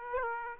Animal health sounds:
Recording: mosquito wingbeat signal from an infrared sensor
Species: Aedes aegypti

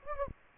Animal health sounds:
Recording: mosquito wingbeat signal from an infrared sensor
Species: Anopheles gambiae

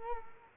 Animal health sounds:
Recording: mosquito wingbeat signal from an infrared sensor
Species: Culex quinquefasciatus

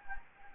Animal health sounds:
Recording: mosquito wingbeat signal from an infrared sensor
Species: Anopheles gambiae

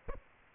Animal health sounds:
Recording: mosquito wingbeat signal from an infrared sensor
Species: Aedes aegypti

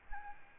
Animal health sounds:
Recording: mosquito wingbeat signal from an infrared sensor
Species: Aedes albopictus

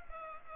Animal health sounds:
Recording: mosquito wingbeat signal from an infrared sensor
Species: Culex pipiens

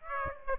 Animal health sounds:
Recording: mosquito wingbeat signal from an infrared sensor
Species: Aedes aegypti

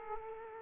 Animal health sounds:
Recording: mosquito wingbeat signal from an infrared sensor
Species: Aedes aegypti

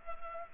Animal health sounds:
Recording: mosquito wingbeat signal from an infrared sensor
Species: Culex pipiens

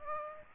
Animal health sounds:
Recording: mosquito wingbeat signal from an infrared sensor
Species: Aedes aegypti

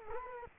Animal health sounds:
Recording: mosquito wingbeat signal from an infrared sensor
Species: Culex quinquefasciatus

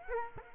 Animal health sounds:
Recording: mosquito wingbeat signal from an infrared sensor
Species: Culex quinquefasciatus

